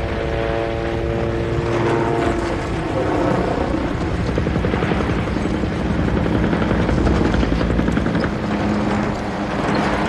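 A helicopter carrying the commander comes in to land, its rotor a loud, steady chopping thrum with droning engine tones that shift in pitch as it descends, with no voices.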